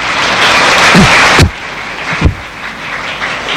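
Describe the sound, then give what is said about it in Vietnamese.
An audience claps together in a dense, crackling wash of applause that is loudest at first, then suddenly thins and carries on more softly, with no one speaking. “Xin mời toàn thể quý vị cho một tràng pháo tay.”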